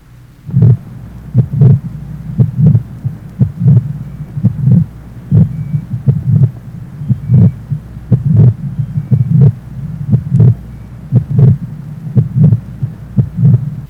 Age 72, innocent late systolic murmur, mitral area.